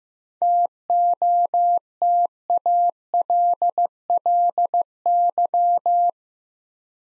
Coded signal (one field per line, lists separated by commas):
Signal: Morse code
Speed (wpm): 15 wpm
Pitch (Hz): 700 Hz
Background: none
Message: TOTALLY